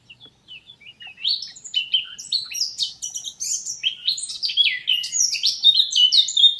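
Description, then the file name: Eurasian blackcap song: a few soft notes, then a fast scratchy warble of high twittering phrases that grows louder and keeps going to the end. "Sylvia atricapilla"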